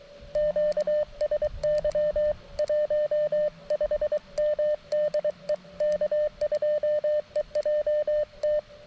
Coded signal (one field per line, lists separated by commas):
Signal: Morse code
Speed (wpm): 24 wpm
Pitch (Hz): 600 Hz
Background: none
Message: QSY 15M DE K2EJT